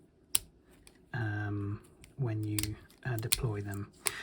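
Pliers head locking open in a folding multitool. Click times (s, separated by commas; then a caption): 0.4 s. The pliers of a Leatherman ARC folding multitool are deployed, and the sturdy, thick, non-sprung metal jaws lock open with a sharp, positive click into place at 0.4 s. A faint tick follows, then someone talks. The pliers head is seated and locked open.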